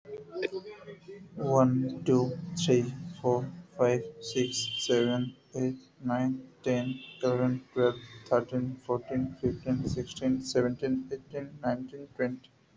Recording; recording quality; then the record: counting at a normal pace; excellent, no background noise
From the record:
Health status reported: healthy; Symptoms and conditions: asthma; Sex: male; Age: 31 years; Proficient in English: yes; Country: India